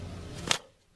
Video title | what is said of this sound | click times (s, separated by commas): Yard Drain - COMPLETE GUIDE - Do it Yourself | hear it click then you can set it down in your trench you can see we're pretty deep here | 0.5 s